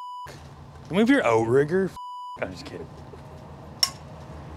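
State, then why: Torque reached. A mechanic tightens a bolt on an excavator with a new click-type torque wrench after an earlier attempt failed to click. Someone talks over steady beep tones and low background rumble. The wrench gives a sharp metallic click at 3.8 s, reaching its torque setting.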